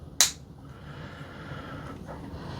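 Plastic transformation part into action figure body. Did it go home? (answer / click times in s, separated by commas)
yes / 0.2 s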